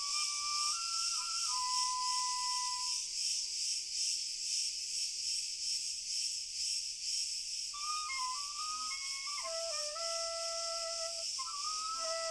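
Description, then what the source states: Cricket chorus, a continuous high pulsing trill, with a melodic tune of held and stepping notes played over it. Cricket chorus, very distant.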